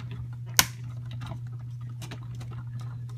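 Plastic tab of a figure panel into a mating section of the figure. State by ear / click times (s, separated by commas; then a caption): seated / 0.6 s. A plastic panel of a Takara Transformers Masterpiece MP-22 Ultra Magnus figure is brought over and its tabs are pressed into a mating section of the figure. One loud, sharp click sounds at 0.6 s over a steady low hum and a few faint ticks. The tabs seat together.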